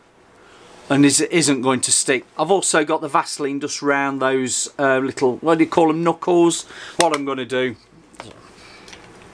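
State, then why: Not seated. Someone talks while handling the paint cup/pot assembly for a Graco Ultra Max handheld paint sprayer; its lugs have been greased with Vaseline so it slides onto the sprayer body without sticking. Nothing has seated or clicked yet; only a couple of faint handling sounds are heard near the end.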